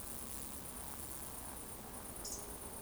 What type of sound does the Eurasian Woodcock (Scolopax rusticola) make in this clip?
whistle, croak